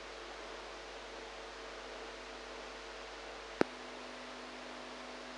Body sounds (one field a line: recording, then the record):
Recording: brain microelectrode recording played as sound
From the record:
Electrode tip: inside the subthalamic nucleus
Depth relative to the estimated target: -2 mm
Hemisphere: right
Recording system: NeuroSet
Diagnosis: Parkinson's disease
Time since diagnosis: 8 years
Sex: female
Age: 45 years